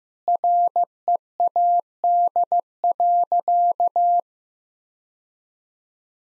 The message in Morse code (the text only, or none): READ.